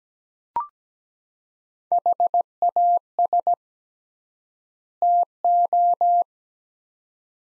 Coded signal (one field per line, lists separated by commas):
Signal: Morse code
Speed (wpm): 17 wpm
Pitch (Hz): 700 Hz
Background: none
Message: HAS TO